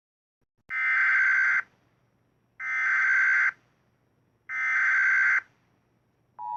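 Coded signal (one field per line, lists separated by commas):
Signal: Emergency Alert System (SAME) tones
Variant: header bursts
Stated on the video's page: EAS scenario made on Android with Powerdirector.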